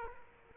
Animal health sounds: mosquito wingbeat signal from an infrared sensor; Culex quinquefasciatus

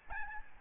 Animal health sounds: mosquito wingbeat signal from an infrared sensor; Aedes albopictus

